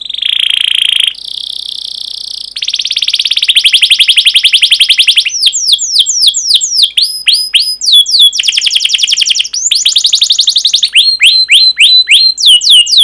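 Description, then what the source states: Canary song with sustained buzzy trills, then fast rattles and rolling series of sweeping whistled notes, varying phrase after phrase without pause. Long canary song recording used as a lure or training recording for teaching other canaries.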